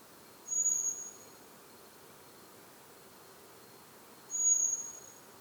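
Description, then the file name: Common blackbird repeating a thin, very high whistled note twice, about four seconds apart, against steady low hiss. "Turdus merula"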